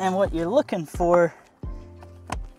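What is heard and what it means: A new all-weather rubber slush floor mat for a Ford Focus ST hatch is slid under the pedals and pressed onto the car's two floor retention snaps at the bottom, which keep it from sliding forward. Someone talks at the start, then after a few faint knocks one sharp, loud snap at 2.3 s marks the mat seating into place.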